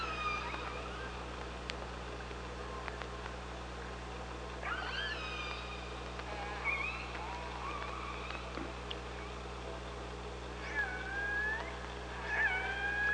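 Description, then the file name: Orca calls, a series of tonal, harmonic-rich squeals that rise and bend, grouped near five to seven seconds and again near the end, over a constant low underwater hum. OrcaLab underwater hydrophone, 24 August 2017 at 05:29. "Orca Lab UTLN JASON 20170824 052923"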